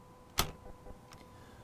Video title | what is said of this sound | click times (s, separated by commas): Laptop and Docking Station Training Video | You will here a click when it does that, like this. | 0.4 s